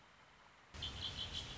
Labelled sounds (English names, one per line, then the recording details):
Red-winged Blackbird
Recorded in Sonoma County, California